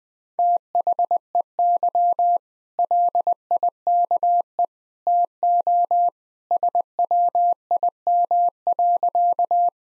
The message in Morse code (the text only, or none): THEY LIKE TO SWIM.